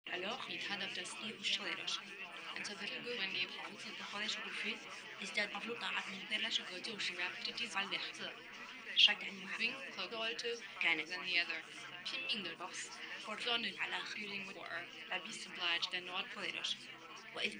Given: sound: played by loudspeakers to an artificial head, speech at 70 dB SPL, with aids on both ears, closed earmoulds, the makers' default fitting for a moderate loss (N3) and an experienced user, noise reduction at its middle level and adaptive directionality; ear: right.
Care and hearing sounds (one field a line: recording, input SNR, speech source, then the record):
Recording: speech test signal (ISTS) in cocktail-party noise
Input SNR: 0 dB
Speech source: in front (0 degrees)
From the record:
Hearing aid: class 2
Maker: F